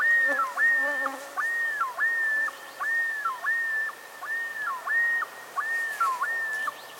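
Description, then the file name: Common Loon calling: loud, steady whistled notes, each broken by a quick downward dip, repeated in a rolling series; faint lower warbling notes early on. "Gavia immer - Great Northern Loon"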